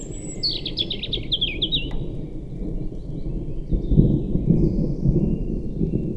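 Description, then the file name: European robin song, a rapid high trill of thin repeated notes in the first two seconds over steady low rumbling noise, with faint high phrases later. "Erithacus rubecula"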